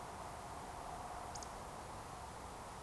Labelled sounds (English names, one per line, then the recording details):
Eurasian Woodcock whistle
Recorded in Baden-Württemberg, Germany, on 14 June 2020 at 20:12 UTC
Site 43791, 788 m above sea level